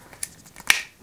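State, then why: Seated. The plastic compartment lid of an electric spice grinder, loaded with batteries and coarse pink Himalayan rock salt, is pressed shut. A faint sharp click sounds at 0.2 s, then a much louder click at 0.7 s as the lid snaps into place. The lid is seated and closed.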